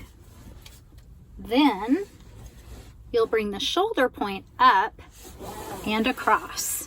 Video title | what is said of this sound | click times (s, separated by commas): 2020 Lexus NX Full Tutorial - Deep Dive | want to make sure you hear it click then | 0.7 s